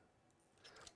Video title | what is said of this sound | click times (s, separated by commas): CAT7 Cable Termination with ConnecTec CAT RJ45 Connector | so with level close pliers for example this makes it really easy you just go ahead and squeeze until they click | 0.9 s